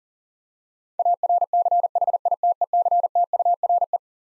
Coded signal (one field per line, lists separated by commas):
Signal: Morse code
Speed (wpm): 40 wpm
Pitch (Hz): 700 Hz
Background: none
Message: ARCHITECTURE